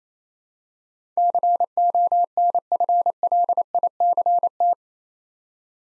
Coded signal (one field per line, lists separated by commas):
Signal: Morse code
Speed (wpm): 27 wpm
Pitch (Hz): 700 Hz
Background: none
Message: CONFLICT